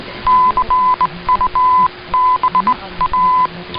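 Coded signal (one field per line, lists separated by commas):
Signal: Morse code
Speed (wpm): 18 wpm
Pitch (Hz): 1010 Hz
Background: none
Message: CUBA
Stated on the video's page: Shortwave reception on 15140 kHz with an Icom IC-R8600, a weak signal with some interference from Oman.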